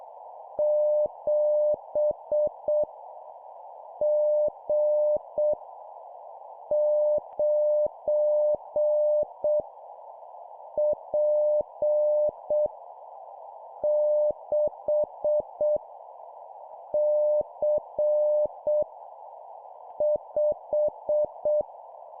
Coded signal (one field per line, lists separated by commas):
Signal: Morse code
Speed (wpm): 6 wpm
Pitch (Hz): 600 Hz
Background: none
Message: 7 G 9 P 6 C 5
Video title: 7wpm Random Letter Number, CW morse code Copy Speed improvement